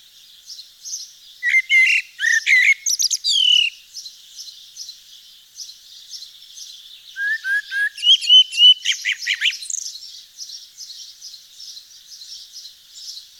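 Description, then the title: Eurasian blackbird singing two separated phrases, each of low fluty whistles ending in rapid high squeaky twitters, over a steady background of thin, high chirping from other birds. Nord region, northern France. "Sylvain Jaskowiak - Mes piafs. Merle noir dans le Nord"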